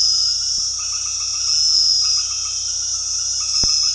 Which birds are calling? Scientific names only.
none